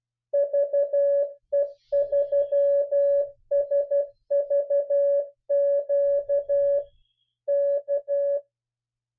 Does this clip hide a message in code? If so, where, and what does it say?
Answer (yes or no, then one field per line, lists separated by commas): yes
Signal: Morse code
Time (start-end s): 0.3-8.4 s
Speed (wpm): 12 wpm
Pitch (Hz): 570 Hz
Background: none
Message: VE3SVQ K